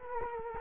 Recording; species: mosquito wingbeat signal from an infrared sensor; Culex quinquefasciatus